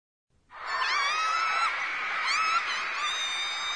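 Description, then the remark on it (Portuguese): A crowd of girls shrieks in a sustained, high-pitched chorus, overlapping voices holding a loud piercing wall of screaming that starts abruptly and barely lets up. “Parece um grupo de meninas gritando diante de um ídolo.”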